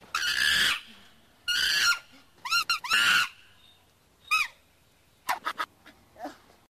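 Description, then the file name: Marmoset squealing calls: harsh, harmonic-rich shrieks in bursts, some long and some clipped and chattering, repeated about every second, then brief sharp squeaks near the end. "mico"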